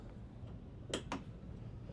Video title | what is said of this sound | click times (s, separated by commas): Automatic Navigation Lights - NytCruz System Install | you hear that click in that is now attached | 0.9 s, 1.1 s